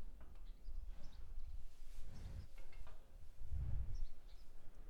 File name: Breath of cow